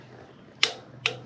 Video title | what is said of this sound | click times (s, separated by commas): Toyota Camry Tune up 2012-2017 / 2009-2011 2ARFE 2.5L (Spark Plugs . Air Filter , MAF) - Full guide | that is 25 newton meters when you hear that click and then you pull that around you see | 0.6 s